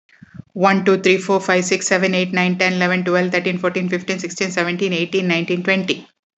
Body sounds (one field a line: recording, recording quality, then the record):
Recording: counting at a fast pace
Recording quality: excellent, no background noise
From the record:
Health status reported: healthy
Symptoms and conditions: none ticked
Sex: female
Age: 53 years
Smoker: not ticked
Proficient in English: yes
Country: India